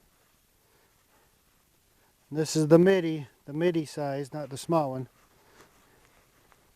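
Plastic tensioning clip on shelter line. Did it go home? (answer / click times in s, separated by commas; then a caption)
yes / 6.5 s. Someone talks from about 2.3 to 5.1 s while holding a mid-size (midi, not the small one) plastic Easy Clip tensioning clip on a shelter line or fabric. The clip is then squeezed shut, with a faint handling sound near 6.1 s and a short, sharp click at 6.5 s that shows it has engaged.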